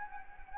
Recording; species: mosquito wingbeat signal from an infrared sensor; Anopheles gambiae